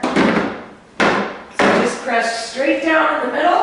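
A walk-in bathtub door is being handled as it is pressed straight down in the middle to latch it into the tub frame. Someone talks while three sharp knocks sound at about 0.0, 1.0 and 1.6 seconds. Nothing has seated or clicked yet.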